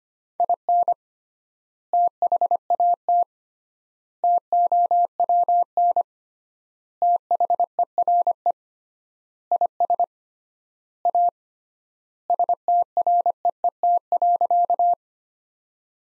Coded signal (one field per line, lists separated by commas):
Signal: Morse code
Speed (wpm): 25 wpm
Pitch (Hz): 700 Hz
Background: none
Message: IN THAT TOWN THERE IS A STREET.